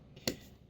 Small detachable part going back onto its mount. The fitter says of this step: try again each time eventually it pops into place